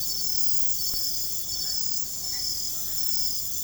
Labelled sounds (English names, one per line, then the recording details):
none
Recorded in secondary vegetation near Puerto Asís, Putumayo, Colombia, on 21 December 2024 at 22:00
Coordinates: 0.468, -76.324
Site G095